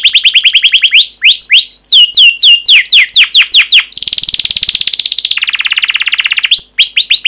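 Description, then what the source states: Canary song with quick series of downward-sweeping whistles, then a dense buzzy rattling trill and a harsh rapid tour before more sweeping notes. Long canary song recording used as a lure or training recording for teaching other canaries.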